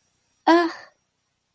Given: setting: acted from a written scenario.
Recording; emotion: vocal sound without words; anger